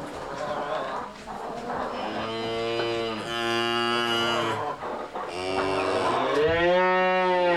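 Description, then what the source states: Cow mooing: three long, deep moos with rich harmonics, over constant background noise. Mooing in a barn.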